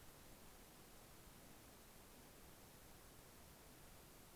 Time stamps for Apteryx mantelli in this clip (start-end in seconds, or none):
none